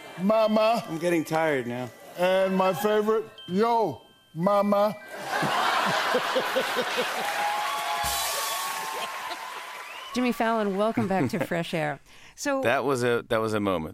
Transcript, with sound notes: mama.
I'm getting tired now.
And my favorite, yo, mama.
(LAUGHTER, APPLAUSE)
Jimmy Fallon, welcome back to FRESH AIR. So...
That was a moment.